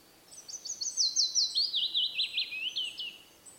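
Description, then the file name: Willow warbler song, a fluting cascade of whistled notes that starts high, falls steadily in pitch and fades out. "piecuszek Phylloscopus trochilus"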